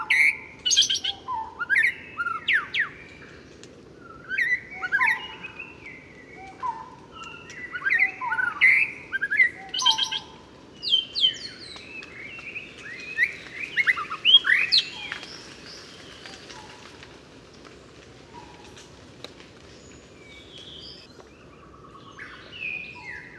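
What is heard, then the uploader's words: A shama sings in a rich, varied song of whistled, chirping phrases with short pauses, busiest and loudest around the middle. Fainter calls from other birds overlap it, over a steady low rumble of background noise. Observation sonore - Shama et barbus. Temple d'Angkor - Temple de Bayon - 10h30. Autour des temples sur une surface de 500 à 600 hectares la nature est préservée pour l'esthétique des temples.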